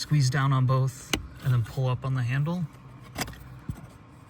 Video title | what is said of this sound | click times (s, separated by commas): Removing, Pinning, and Installing BCM Connectors - 2012 - 2018 Ford Focus | all the way up until it clicks, and then it can come out. | 3.2 s